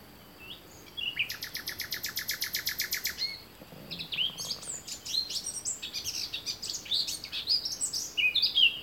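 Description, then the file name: Common nightingale song opening with a long run of evenly repeated sharp notes, then a rich jumble of whistled, varied phrases. "Luscinia megarhynchos"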